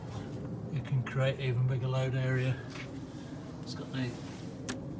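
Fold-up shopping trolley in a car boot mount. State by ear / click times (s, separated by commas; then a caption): seated / 4.7 s. Someone talks while the built-in fold-up shopping trolley in the boot of a Citroen Xsara Picasso Desire 1.6 HDi is folded into its stowed position. A single sharp tick sounds at 4.7 s as the trolley locks into place.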